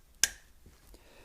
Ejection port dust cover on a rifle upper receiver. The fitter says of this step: locks in place very